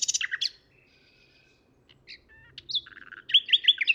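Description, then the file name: Common nightingale song: a rich burst of sharp high notes, a quiet pause with a faint whistle, then a fast run of repeated chirping notes. "Luscinia megarhynchos"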